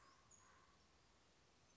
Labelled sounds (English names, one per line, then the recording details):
Common Raven
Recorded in Sonoma County, California